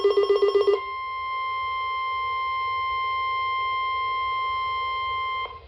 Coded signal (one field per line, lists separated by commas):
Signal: Emergency Alert System (SAME) tones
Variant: 1050 Hz attention tone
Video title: Special Marine Warning (EAS #72) (EAR-10 ACTIVATES ON 2ND HEADER LOL)